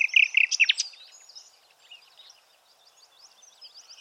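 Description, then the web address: Bird calls: a brief cluster of loud whistled and sharp notes at the start, followed by soft, scattered high twitters fading out. "Bird Only"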